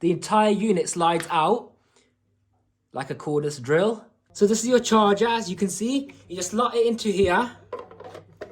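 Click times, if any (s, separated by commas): 8.4 s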